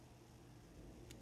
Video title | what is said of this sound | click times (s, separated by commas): How to fix an Abus 83 if you get the detent stuck in the bible. | getting everything back together, and then you hear that click. Oh, | 1.1 s